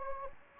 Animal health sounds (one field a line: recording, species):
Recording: mosquito wingbeat signal from an infrared sensor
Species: Anopheles gambiae